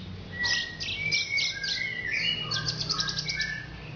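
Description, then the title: Orange-headed thrush song: a rich, varied phrase of fast high notes, whistled slurs and trills, almost without pause, with a low hum underneath. "Anis Merah"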